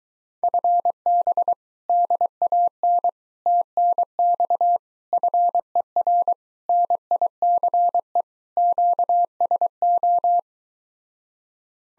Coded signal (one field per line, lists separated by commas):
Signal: Morse code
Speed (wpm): 24 wpm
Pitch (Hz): 700 Hz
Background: none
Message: FB DAN TNX FER NICE QSO